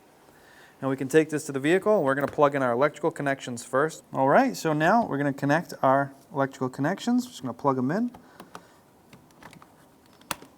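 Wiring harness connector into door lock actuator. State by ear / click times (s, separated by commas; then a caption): seated / 10.3 s. Plastic wiring harness connectors are plugged by hand into the door lock actuator on the latch assembly of a 2003-2011 Honda Element. Someone talks until about 8 seconds, followed by faint ticks of handling. A sharp click at 10.3 s marks the connector seating firmly into the actuator.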